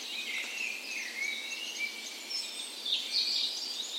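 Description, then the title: Several songbirds sing together in a dawn chorus, thin high whistles and rapid twittering overlapping throughout, with a brighter warbled phrase near the end. Spring dawn chorus in a park west in Bergen, Norway, on the morning of 17 May, Norway's National Day; recorded with a Sony PCM A10 and LOM Usi microphones as tree ears. "17th Of May Dawn Chorus"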